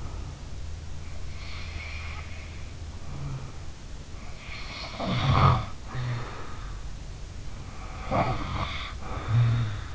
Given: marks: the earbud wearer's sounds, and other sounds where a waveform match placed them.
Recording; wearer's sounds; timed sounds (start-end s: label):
sounds in sleep by an in-ear microphone; breath
0.00-0.54 s: breath
1.17-3.60 s: sound from someone else or the room
4.33-6.74 s: sound from someone else or the room
7.97-9.84 s: sound from someone else or the room